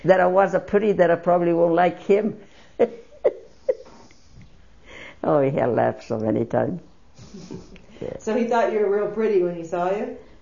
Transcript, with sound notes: That I was pretty, that I probably won't like him. ( she laughs ) Oh, I laughed so many times.
So he thought you were real pretty when he saw you.